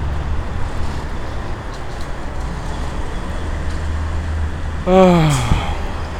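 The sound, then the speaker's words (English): A car drives past a crosswalk without stopping, over a steady low traffic rumble, with a brief loud tonal sweep near the end that drops quickly in pitch. “Motherfuckers don't stop at crosswalks.”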